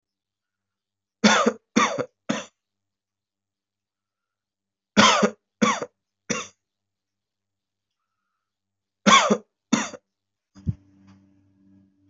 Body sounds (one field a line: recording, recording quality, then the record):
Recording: heavy voluntary cough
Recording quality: excellent, no background noise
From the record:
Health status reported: healthy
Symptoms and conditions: none ticked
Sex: male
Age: 40 years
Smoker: not ticked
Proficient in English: yes